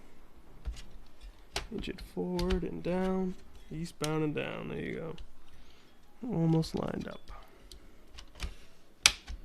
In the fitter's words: there it is you heard the snap